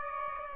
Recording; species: mosquito wingbeat signal from an infrared sensor; Aedes aegypti